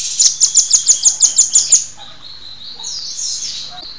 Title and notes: Master Burung Kicau. Masteran Burung Kicau Lengkap